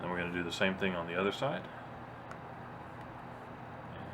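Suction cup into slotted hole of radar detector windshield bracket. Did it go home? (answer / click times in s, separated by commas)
yes / 2.3 s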